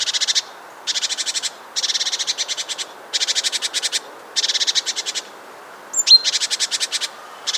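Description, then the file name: Great tit producing repeated churring rattles, each burst of quick harsh notes lasting up to about a second; one short high slurred note near the end. "Parus major"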